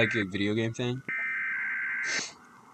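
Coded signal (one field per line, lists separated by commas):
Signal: Emergency Alert System (SAME) tones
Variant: header bursts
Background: speech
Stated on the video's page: Fictional EAS scenario tones.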